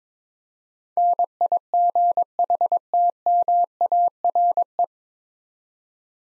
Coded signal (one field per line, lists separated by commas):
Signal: Morse code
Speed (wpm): 22 wpm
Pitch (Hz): 700 Hz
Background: none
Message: NIGHTMARE